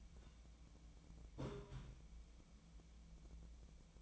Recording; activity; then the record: daily activity, microphone in the room; take from stove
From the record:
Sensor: 1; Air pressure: 1010.0 hPa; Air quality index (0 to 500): 187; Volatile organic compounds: 17 ppm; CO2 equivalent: 2567 ppm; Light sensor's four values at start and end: 38/96/40/49 and 37/96/40/49